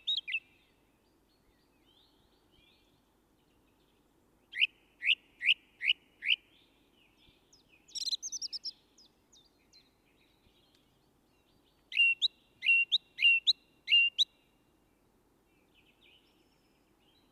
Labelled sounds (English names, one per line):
Song Thrush song